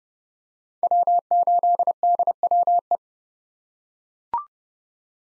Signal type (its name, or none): Morse code